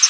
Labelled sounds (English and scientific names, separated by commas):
Hooded Warbler (Setophaga citrina) flight call